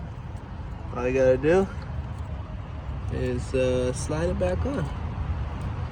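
In the engine bay of a 2014 Nissan Versa 4-cylinder, during an ignition coil replacement, an electrical wiring connector is being slid back onto its mating socket on an engine component while someone talks over a steady low background rumble. Nothing has seated or clicked yet.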